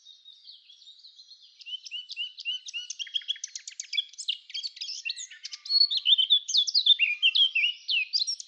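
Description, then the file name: Eurasian blackcap song, opening as a quiet scratchy chatter and swelling into loud, clear fluty whistles that rise and fall rapidly toward the end. "Sylvia atricapilla"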